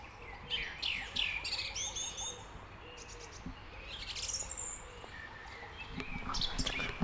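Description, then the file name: Redwing song: several short whistled phrases with scratchy high twitters. "Drozdziczek"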